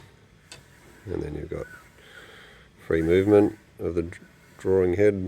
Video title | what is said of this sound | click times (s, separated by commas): Operation of Tecnostyl 628B Drafting Machine | you'll hear it click | 0.5 s